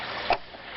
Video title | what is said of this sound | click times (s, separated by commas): Pool Deck Drain Janitor | it pops right into place there you go that's all there is to it | 0.3 s